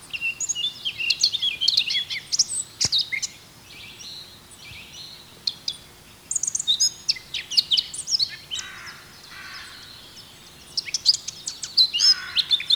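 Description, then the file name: Eurasian blackcap singing rich, fast warbled phrases of high chattering and whistled notes, broken by pauses, with a faint steady background hum. "Sylvia atricapilla"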